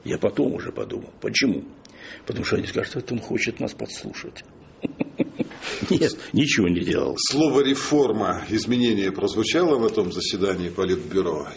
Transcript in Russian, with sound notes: Я потом уже подумал. Почему? Потому что они скажут: «Это он хочет нас подслушать». (смеется) Нет, ничего не делал.
Слово «реформа», «изменение» прозвучало на том заседании Политбюро?